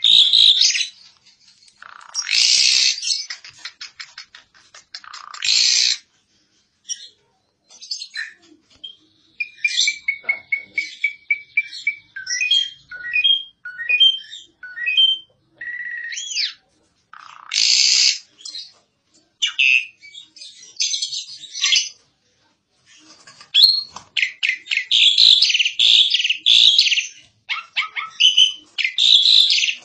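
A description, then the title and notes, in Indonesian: An Asian pied starling sings busily, mixing harsh, raspy bursts with bright chattering phrases and brief silences between them. Around the middle come clearer whistled notes in a quick stepping run, before the scratchy, dense chatter returns through the end. Jalak suren gacor. Suara burung.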